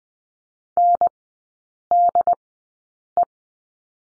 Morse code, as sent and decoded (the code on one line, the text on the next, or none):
-. -.. .
NDE